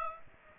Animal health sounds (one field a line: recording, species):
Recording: mosquito wingbeat signal from an infrared sensor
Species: Aedes aegypti